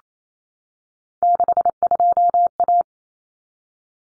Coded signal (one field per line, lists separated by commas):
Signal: Morse code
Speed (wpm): 28 wpm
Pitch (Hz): 700 Hz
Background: none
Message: 62A